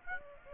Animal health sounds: mosquito wingbeat signal from an infrared sensor; Aedes aegypti

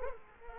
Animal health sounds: mosquito wingbeat signal from an infrared sensor; Culex quinquefasciatus

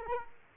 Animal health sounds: mosquito wingbeat signal from an infrared sensor; Culex quinquefasciatus

